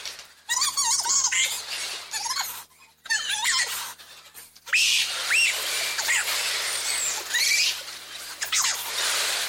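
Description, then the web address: Bobcat yowling calls, wavering harmonic squeals rising and falling in short bursts, separated by brief gaps, over a steady hiss. "doublenight bobcat"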